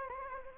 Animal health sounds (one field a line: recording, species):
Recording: mosquito wingbeat signal from an infrared sensor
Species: Anopheles gambiae